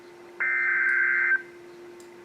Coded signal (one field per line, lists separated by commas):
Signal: Emergency Alert System (SAME) tones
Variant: header bursts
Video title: Flash Flood Warning on KEC55 (EAS #1125)